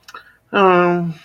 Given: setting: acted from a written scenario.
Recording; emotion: vocal sound without words; sympathy